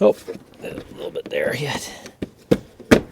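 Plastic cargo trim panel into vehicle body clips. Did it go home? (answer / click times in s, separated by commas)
yes / 2.2 s, 2.5 s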